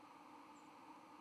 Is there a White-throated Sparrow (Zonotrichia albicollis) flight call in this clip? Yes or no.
yes